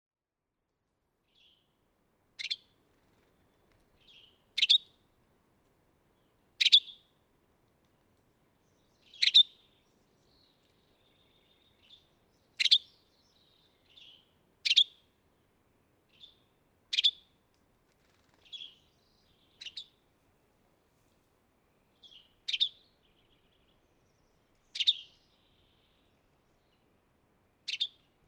Western Tanager call from two birds recorded at the Beaver Ponds in Rocky Mountain National Park.